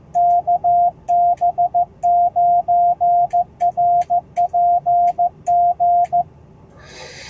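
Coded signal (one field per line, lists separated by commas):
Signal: Morse code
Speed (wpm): 14 wpm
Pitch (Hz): 700 Hz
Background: none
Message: KB9RPG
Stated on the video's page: POTA park activation on 20m using a Hamstick antenna and a 10-watt Icom IC-703+.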